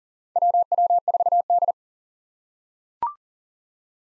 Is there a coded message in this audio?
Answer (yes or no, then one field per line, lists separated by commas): yes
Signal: Morse code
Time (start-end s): 0.4-1.7 s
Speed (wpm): 40 wpm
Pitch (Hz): 700 Hz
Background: none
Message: WW4D